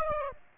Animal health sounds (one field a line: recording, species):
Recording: mosquito wingbeat signal from an infrared sensor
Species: Aedes aegypti